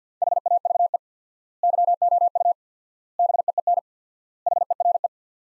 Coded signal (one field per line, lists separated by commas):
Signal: Morse code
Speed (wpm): 50 wpm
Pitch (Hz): 700 Hz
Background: none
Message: HAVE YOU BEEN HERE